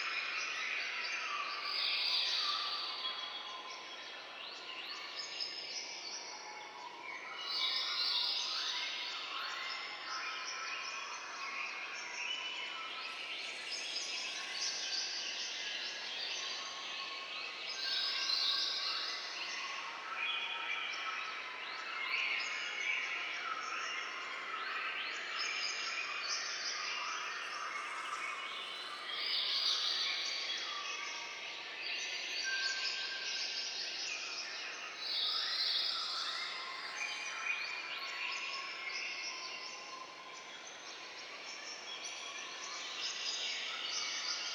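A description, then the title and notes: Jungle daytime ambience with a dense, steady chorus of bright chirping insects and birds, swelling in waves every few seconds, with no low sounds. Jungle Day.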